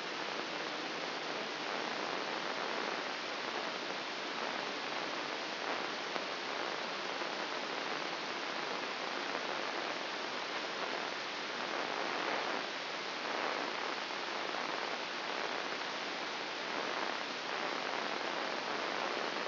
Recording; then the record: brain microelectrode recording played as sound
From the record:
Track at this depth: inside the subthalamic nucleus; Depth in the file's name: 3.003 mm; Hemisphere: left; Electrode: 1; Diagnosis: Parkinson's disease